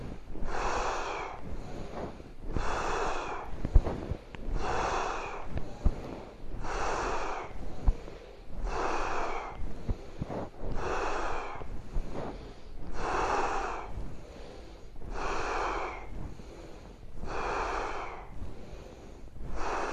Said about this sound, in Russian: И задувание свечи, вдох. Дышим. Мощнее вдох.